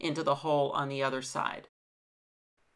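Someone talks for about 1.7 seconds while two firm-stretch rubber bands are stretched together across a paper pop-up ball and pulled down through the slit toward the hole on the far side. The clip then falls nearly silent, with only a faint low-level sound near 2.6 seconds. The bands are still being handled and nothing has seated or clicked into the hole yet.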